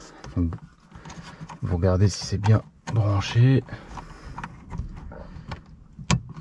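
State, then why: Seated. Someone talks while a small wiring plug is pushed into the socket of a FITCAMX dash camera in an Audi Q2/SQ2 (GA). Soft handling ticks follow, then a loud, sharp click at 6.1 s as the plug locks into the socket. The plug is seated and properly connected.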